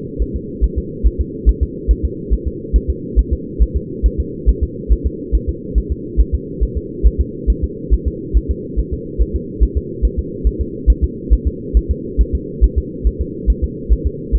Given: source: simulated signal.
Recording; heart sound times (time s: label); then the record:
fetal heart sounds
0.22 s: S1
0.36 s: S2
0.64 s: S1
0.78 s: S2
1.07 s: S1
1.21 s: S2
1.49 s: S1
1.63 s: S2
1.91 s: S1
2.05 s: S2
2.33 s: S1
2.48 s: S2
2.76 s: S1
2.90 s: S2
3.19 s: S1
3.33 s: S2
3.62 s: S1
3.77 s: S2
4.06 s: S1
4.20 s: S2
4.49 s: S1
4.63 s: S2
4.92 s: S1
5.06 s: S2
5.35 s: S1
5.49 s: S2
5.78 s: S1
5.92 s: S2
6.20 s: S1
6.35 s: S2
6.63 s: S1
6.77 s: S2
7.06 s: S1
7.21 s: S2
7.50 s: S1
7.64 s: S2
7.94 s: S1
8.08 s: S2
8.37 s: S1
8.51 s: S2
8.79 s: S1
8.94 s: S2
9.22 s: S1
9.36 s: S2
9.63 s: S1
9.78 s: S2
10.05 s: S1
10.19 s: S2
10.47 s: S1
10.61 s: S2
10.90 s: S1
11.04 s: S2
11.33 s: S1
11.47 s: S2
11.77 s: S1
11.91 s: S2
12.21 s: S1
12.35 s: S2
12.64 s: S1
12.78 s: S2
13.07 s: S1
13.21 s: S2
13.50 s: S1
13.64 s: S2
13.92 s: S1
14.07 s: S2
14.35 s: S1
From the record:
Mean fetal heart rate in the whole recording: 140 bpm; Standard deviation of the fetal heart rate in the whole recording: 2 bpm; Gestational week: 34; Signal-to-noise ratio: -4.1 dB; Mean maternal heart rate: no maternal heart sound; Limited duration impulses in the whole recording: absent